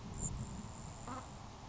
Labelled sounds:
Grasshopper Sparrow (Ammodramus savannarum)
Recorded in Sonoma County, California

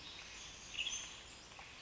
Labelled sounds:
Western Tanager (Piranga ludoviciana)
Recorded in Sonoma County, California

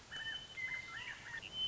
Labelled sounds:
Western Meadowlark (Sturnella neglecta)
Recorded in Sonoma County, California

